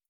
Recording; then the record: hydrophone in a shrimp aquaculture tank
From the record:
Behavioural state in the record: feeding